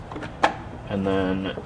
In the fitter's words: winder that has to go get lifted to pop into place